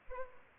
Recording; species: mosquito wingbeat signal from an infrared sensor; Aedes albopictus